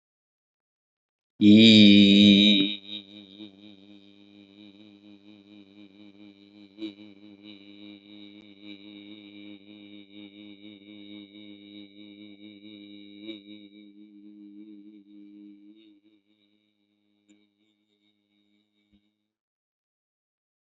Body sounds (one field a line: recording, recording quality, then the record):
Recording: sustained vowel as in beet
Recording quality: excellent, no background noise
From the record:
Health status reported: healthy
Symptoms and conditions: none ticked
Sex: male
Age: 32 years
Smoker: not ticked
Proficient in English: yes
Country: India